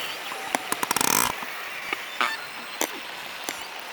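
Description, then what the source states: Narwhal clicking: a rapid burst of pulses merging into a buzz around the one-second mark, then isolated loud clicks. Rapid clicks and chatter.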